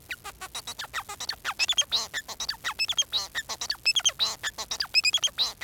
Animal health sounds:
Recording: song of a male Bengalese finch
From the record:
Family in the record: son of father 4

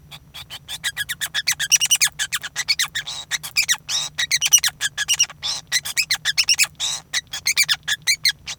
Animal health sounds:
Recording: song of a male Bengalese finch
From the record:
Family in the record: son of father 5

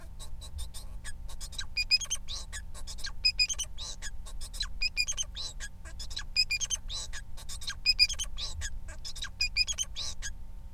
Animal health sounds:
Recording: song of a male Bengalese finch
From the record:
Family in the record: son of father 4

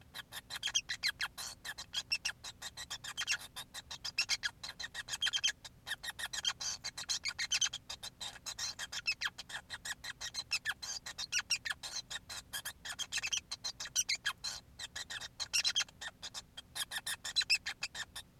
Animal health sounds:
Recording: song of a male Bengalese finch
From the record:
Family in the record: son of father 5

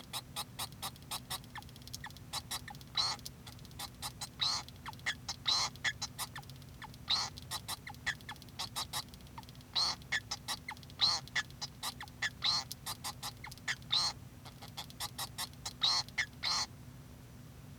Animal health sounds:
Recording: song of a male Bengalese finch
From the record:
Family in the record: son of father 2

